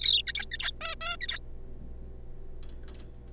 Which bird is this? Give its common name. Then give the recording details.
Zebra Finch. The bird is a juvenile. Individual R3549